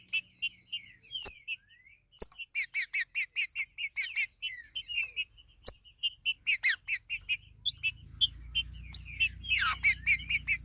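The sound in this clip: Green-winged saltator giving steady trains of crisp repeated notes with occasional downslurred whistles, some clicks, and a low hum in the final seconds.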